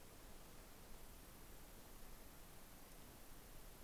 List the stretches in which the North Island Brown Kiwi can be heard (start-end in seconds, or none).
none